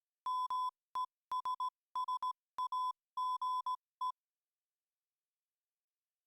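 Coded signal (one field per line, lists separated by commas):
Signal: Morse code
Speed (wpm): 17 wpm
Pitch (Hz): 1010 Hz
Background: music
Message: MESSAGE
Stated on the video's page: Simulated telegraph system with two telegraph keys communicating and simulated message reception.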